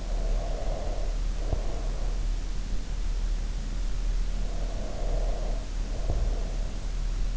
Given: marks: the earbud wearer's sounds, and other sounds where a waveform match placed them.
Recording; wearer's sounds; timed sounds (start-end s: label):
sounds in sleep by an in-ear microphone; breath
0.00-2.42 s: breath
4.30-6.93 s: breath